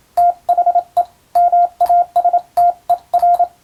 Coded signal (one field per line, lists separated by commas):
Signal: Morse code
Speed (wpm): 27 wpm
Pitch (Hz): 700 Hz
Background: radio noise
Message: THE MASTER